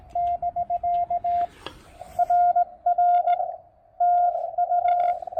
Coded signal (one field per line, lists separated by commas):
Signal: Morse code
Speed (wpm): 17 wpm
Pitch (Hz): 700 Hz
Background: radio noise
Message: <BK> RR TU